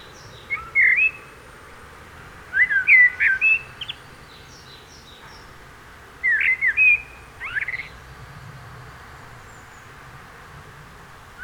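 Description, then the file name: Common blackbird song: rich warbling phrases broken by quiet gaps, several trailing into squeaky high twitters. "Turdus merula"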